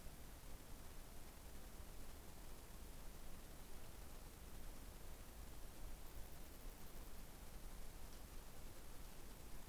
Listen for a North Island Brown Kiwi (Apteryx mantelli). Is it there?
no